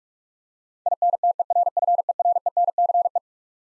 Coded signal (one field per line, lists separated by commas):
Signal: Morse code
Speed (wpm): 46 wpm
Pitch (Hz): 700 Hz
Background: none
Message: INTERFERENCE